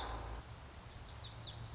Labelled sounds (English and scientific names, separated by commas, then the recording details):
Lazuli Bunting (Passerina amoena)
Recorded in Sonoma County, California